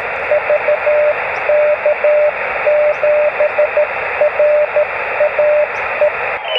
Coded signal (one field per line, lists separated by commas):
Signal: Morse code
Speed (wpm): 13 wpm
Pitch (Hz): 600 Hz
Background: radio noise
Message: VK7RAE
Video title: Folding beam for 144 MHz portable (and more)